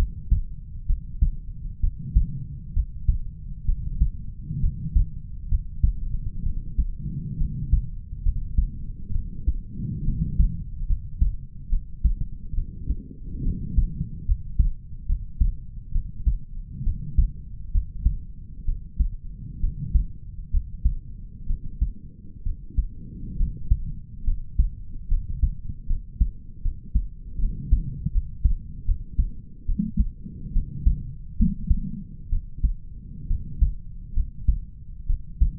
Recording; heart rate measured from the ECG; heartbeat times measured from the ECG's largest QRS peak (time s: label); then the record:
heart sounds by stethoscope; 68 bpm
0.86 s: heartbeat
1.80 s: heartbeat
2.73 s: heartbeat
3.65 s: heartbeat
4.60 s: heartbeat
5.49 s: heartbeat
6.43 s: heartbeat
7.38 s: heartbeat
8.23 s: heartbeat
9.12 s: heartbeat
10.04 s: heartbeat
10.87 s: heartbeat
11.70 s: heartbeat
12.55 s: heartbeat
13.43 s: heartbeat
14.26 s: heartbeat
15.06 s: heartbeat
15.92 s: heartbeat
16.84 s: heartbeat
17.72 s: heartbeat
18.65 s: heartbeat
19.60 s: heartbeat
20.51 s: heartbeat
21.47 s: heartbeat
22.43 s: heartbeat
23.37 s: heartbeat
24.24 s: heartbeat
25.08 s: heartbeat
25.87 s: heartbeat
26.62 s: heartbeat
27.39 s: heartbeat
28.12 s: heartbeat
28.85 s: heartbeat
29.66 s: heartbeat
30.53 s: heartbeat
31.37 s: heartbeat
32.30 s: heartbeat
33.28 s: heartbeat
34.14 s: heartbeat
35.07 s: heartbeat
From the record:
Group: healthy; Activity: rest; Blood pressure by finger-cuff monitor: 96/75 mmHg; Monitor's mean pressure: 82 mmHg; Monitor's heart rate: 67 bpm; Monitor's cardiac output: 4.8 L/min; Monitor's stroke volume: 72 mL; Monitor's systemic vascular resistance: 1230 dyn s/cm5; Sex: male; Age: 20 years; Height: 187 cm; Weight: 68.9 kg